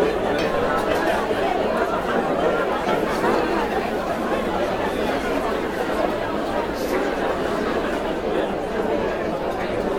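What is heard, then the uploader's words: A cocktail party fills the scene with a dense, steady wash of overlapping voices and chatter, no single speaker standing out. The murmur holds an even level throughout the ten seconds, with brief brighter clinks or sharp sounds popping up now and then, around the seventh second. COCKTAIL PARTY.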